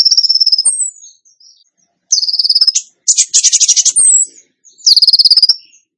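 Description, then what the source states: Bird song: varied phrases of sharp whistled notes and fast scratchy trills, some notes sliding upward, with brief pauses between. Masteran training recording in the tembakan gacor style.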